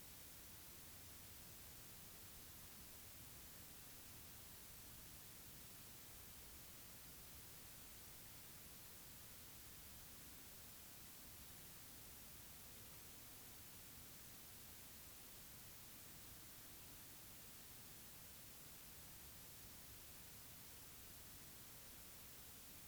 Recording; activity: daily activity, guitar pickup as the sensor; stand